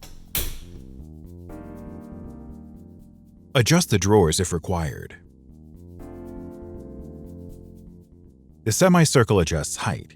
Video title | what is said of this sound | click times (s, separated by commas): FORM Kitchens Installation Video Guide | push on the drawer front and listen for the click as the clip locks into place | 0.4 s